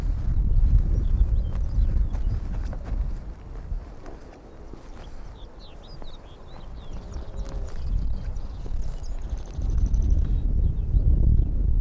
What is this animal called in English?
Arctic Fox